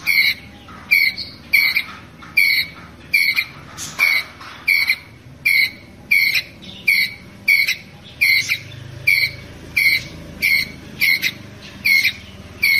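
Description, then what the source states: Ground squirrel calling in short, piercing chips repeated steadily, roughly every 0.7 seconds, with a low background rumble. Ground squirrel calling its group.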